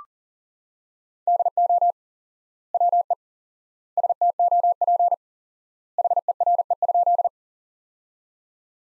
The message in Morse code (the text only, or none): DO WE STOP HERE?